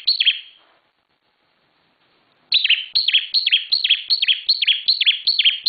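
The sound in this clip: Bar-winged prinia song: a brief phrase, silence, then an even, rapid string of bright, downward-sweeping chirps, about two and a half per second.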